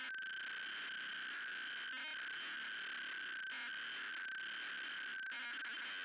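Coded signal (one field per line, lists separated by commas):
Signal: ZX Spectrum tape loading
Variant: ZX Spectrum cassette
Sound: continuous harsh buzzing data screech with a few brief rattling bursts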